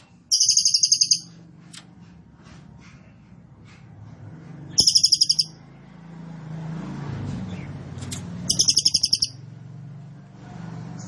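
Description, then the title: Cililin song: three rapid bursts of high chattering notes, each lasting under a second, spaced several seconds apart over a continuous low rumble like passing traffic. Caged-bird training recording; song style called trorol konslet, described as gacor (singing vigorously). "Cililin AMPUH 4. Cililin Trorol Konslet Gacor Banget"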